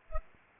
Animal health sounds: mosquito wingbeat signal from an infrared sensor; Aedes aegypti

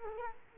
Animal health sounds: mosquito wingbeat signal from an infrared sensor; Culex quinquefasciatus

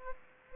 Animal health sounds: mosquito wingbeat signal from an infrared sensor; Aedes aegypti

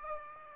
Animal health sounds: mosquito wingbeat signal from an infrared sensor; Aedes aegypti

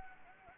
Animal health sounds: mosquito wingbeat signal from an infrared sensor; Anopheles gambiae

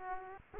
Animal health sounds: mosquito wingbeat signal from an infrared sensor; Aedes aegypti

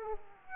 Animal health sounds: mosquito wingbeat signal from an infrared sensor; Aedes aegypti

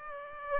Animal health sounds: mosquito wingbeat signal from an infrared sensor; Aedes aegypti

